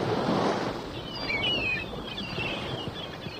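A harbour quay soundscape at the port of Palos in southern Spain, where three ships are being readied to sail: a steady, fairly loud wash of sea and wind with a churning low rumble, and faint high gull calls chirping through the middle. No one speaks.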